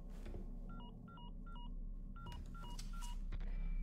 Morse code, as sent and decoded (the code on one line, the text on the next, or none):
none